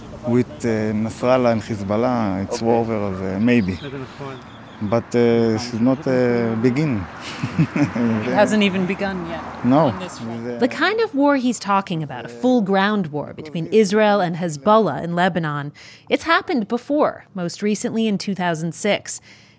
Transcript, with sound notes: with Nasrallah and Hezbollah is over, then maybe. But it is not beginning (laughter)
It hasn't even begun yet?
No.
The kind of war he's talking about, a full ground war between Israel and Hezbollah in Lebanon, it's happened before, most recently in 2006.